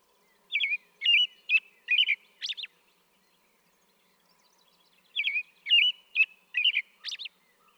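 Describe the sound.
American robin caroling: two similar phrases of about five warbled whistles each, separated by a pause.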